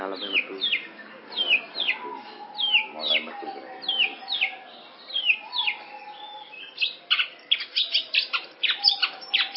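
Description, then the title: Long-tailed Shrike song, a varied run of quick descending whistles and short chirps, turning into denser rapid chattering notes toward the end. "Audio Cendet Pentet"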